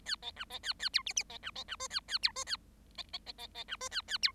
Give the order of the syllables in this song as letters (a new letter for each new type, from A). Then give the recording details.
A B C B A A D E E B C B C F A A D F A B B B B B C F A A D. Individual Bird7